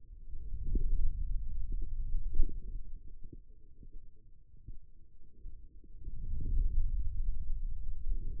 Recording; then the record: forearm muscle sounds (acoustic myography)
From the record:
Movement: hand closing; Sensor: system 2, bracelet of six BSWA MPA416 microphones around the upper forearm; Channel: 4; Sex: male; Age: 22 years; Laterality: right